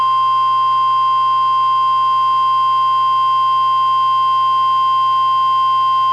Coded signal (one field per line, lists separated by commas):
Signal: Emergency Alert System (SAME) tones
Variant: 1050 Hz attention tone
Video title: EAS #926: NWR Required Weekly Test- Apr. 17, 2024- 11:01AM PDT